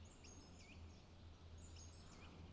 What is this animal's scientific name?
Turdus philomelos